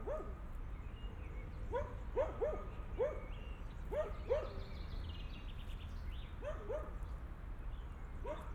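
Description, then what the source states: Dog giving a series of sharp yelping barks, often doubled, with pauses between bursts, over a constant low rumble. Dogs crossing a park on Via Irnerio, Bologna, Italy; recorded by students of the Liceo Musicale L. Bassi di Bologna for the ALEarth project.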